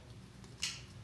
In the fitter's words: And then it only goes in one direction. Make sure it clicks in.